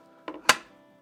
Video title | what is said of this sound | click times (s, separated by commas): How to Install the Bio Bidet BB-2000 toilet seat | we can hear it snap into place | 0.5 s